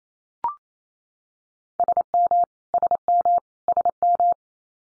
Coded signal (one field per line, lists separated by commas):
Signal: Morse code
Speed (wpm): 28 wpm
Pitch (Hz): 700 Hz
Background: none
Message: SM SM SM